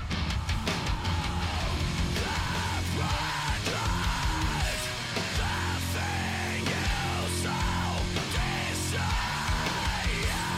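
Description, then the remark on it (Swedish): A heavy metal song plays on a radio broadcast, loud and dense, with distorted guitars, a pounding low end and harsh yelled vocals repeating rising-and-falling phrases in a steady rhythm throughout. “Det här är … med … på Pirate Rock.”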